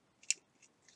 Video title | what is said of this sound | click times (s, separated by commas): Jolly Logic Chute Release | hear it click in there. | 0.3 s